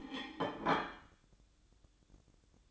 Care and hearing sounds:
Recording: daily activity, microphone in the room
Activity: place plate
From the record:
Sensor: 3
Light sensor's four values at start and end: 9/21/8/8 and 9/21/8/8

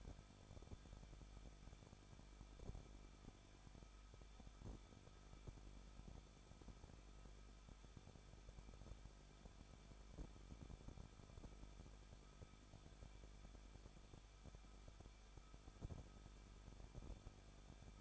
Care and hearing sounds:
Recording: daily activity, microphone in the room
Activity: no activity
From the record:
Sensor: 5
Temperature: 20.8 degrees Celsius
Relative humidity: 38.3%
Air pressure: 1006.6 hPa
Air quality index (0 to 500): 186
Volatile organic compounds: 18 ppm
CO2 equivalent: 2602 ppm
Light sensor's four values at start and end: 2/3/1/1 and 2/3/1/1

